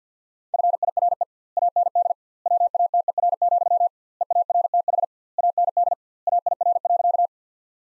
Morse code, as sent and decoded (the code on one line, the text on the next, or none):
..-. .. .-. . / .- -. -.. / .-- .- - . .-. --..-- / . .- .-. - .... / .- -. -.. / .- .. .-. .-.-.-
FIRE AND WATER, EARTH AND AIR.